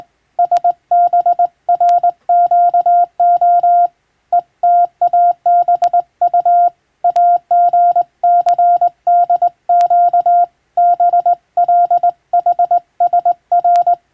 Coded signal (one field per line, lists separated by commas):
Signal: Morse code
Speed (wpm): 20 wpm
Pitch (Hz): 700 Hz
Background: none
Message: SBRQO ETABU AGCDQ BLHSR